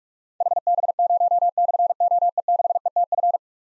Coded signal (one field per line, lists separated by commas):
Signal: Morse code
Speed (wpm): 44 wpm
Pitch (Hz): 700 Hz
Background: none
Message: HB0/OE6ETF